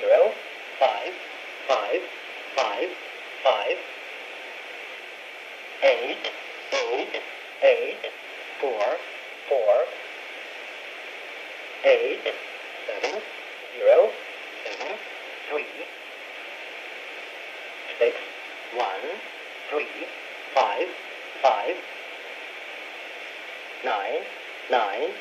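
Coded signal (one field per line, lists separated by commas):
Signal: numbers station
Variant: E07, English male voice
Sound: male voice reading English digits in groups, evenly spaced, over shortwave static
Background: radio static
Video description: Russian Numbers Station E07 11540 khz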